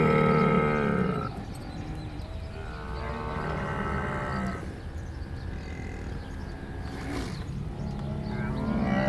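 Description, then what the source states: Camel groaning calls, deep harmonic moans over a low rumbling background. Camels at a camel farm in Bahrain, February 27, 2016.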